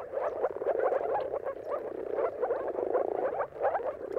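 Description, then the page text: Moor frogs calling together, a continuous bubbling, gulping chorus with short rhythmic pulses rising and falling in loudness. Dawn chorus of moor frogs giving mating calls at sunrise, turn of March and April, timing depending on weather; recorded by Jakub Orzecki. "earth-fm Jakub-Orzecki moor frogs. Dawn’s Chorus: Mating Calls of Marsh Frogs at Sunrise. Depending on the weather at the turn of March and April, you can witness an amazing spectacle of moor frogs"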